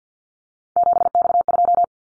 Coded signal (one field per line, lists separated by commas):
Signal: Morse code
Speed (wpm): 50 wpm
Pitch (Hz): 700 Hz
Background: none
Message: 7X2